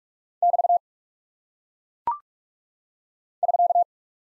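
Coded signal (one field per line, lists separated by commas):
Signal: Morse code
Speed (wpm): 42 wpm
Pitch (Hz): 700 Hz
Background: none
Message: <BT> <SK>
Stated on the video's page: Head-copy practice of single punctuation and prosign characters at 45 wpm.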